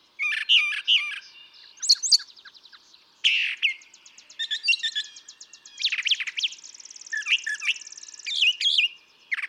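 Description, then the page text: Brown thrasher song with rich, shifting phrases: harsh chatters, clicking rattles, and a long buzzy trill, each motif typically repeated before the next. Single male's long song sequence, part of three and a quarter hours recorded from him; repertoire estimated at about 1300 songs; imitates other species. "Birdsong for the Curious Naturalist. Brown thrasher"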